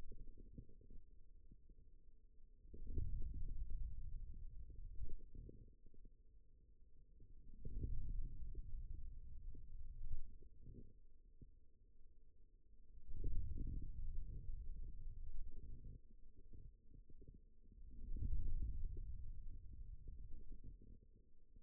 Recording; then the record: forearm muscle sounds (acoustic myography)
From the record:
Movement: ulnar deviation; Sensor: system 2, bracelet of six BSWA MPA416 microphones around the upper forearm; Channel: 6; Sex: male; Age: 22 years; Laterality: right